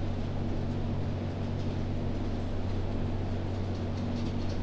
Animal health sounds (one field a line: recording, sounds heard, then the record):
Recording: poultry house recording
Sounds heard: no chicken sound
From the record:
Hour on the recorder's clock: 23